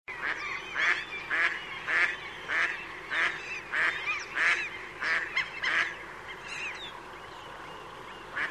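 Bird call series: loud, hoarse honking notes repeated evenly at about one and a half a second, stopping after six seconds, leaving quieter calls and hiss.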